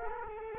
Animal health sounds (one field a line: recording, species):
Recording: mosquito wingbeat signal from an infrared sensor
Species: Culex quinquefasciatus